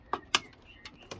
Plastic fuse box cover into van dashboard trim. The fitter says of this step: that can all go back in. Click